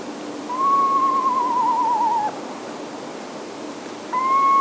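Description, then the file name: Eastern Screech Owl giving a long tremulous whistle that holds level, then wavers and sags slightly, followed by the start of a second whistle near the end. "Eastern Screech Owl - Megascops asio"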